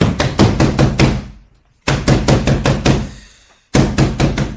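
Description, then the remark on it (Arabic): Three bursts of rapid, heavy knocking on a wooden house door by the men of Caliph al-Mansur, each a quick run of loud thuds that stops abruptly, with short pauses between bursts and no voices. “افتحي الباب يا ريحانة. ها أنا آتية يا من بالباب.”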